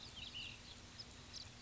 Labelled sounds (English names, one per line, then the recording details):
Ash-throated Flycatcher
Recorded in Sonoma County, California